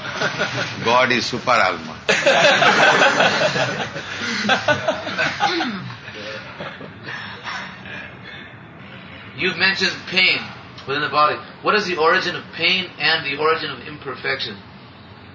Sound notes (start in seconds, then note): 2.0 laughter; 2.1 Spanish